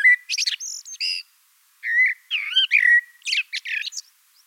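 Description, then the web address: Common blackbird song: fluty whistled phrases mixed with harsh, squeaky twittering notes, in two bursts separated by a short pause. Blackbird song in Wiesloch, Germany. "Wiesloch Amsel Gesang"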